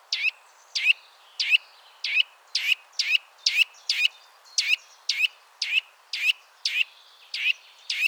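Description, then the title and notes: Eurasian nuthatch giving sharp, abrupt call notes repeated about twice per second in a steady series, with faint background hiss. Contact calls of a sedentary bird starting to vocalise in mild winter weather; fairly common in forests, parks and small woods. "Sonothèque naturophonia. La Sittelle torche-pot (Sitta europaea)"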